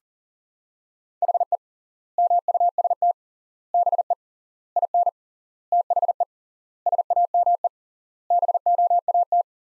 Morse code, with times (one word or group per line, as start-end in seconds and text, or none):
1.2-1.6 HE
2.2-3.1 MUST
3.7-4.1 BE
4.8-5.1 IN
5.7-6.2 THE
6.9-7.7 SAME
8.3-9.4 BOAT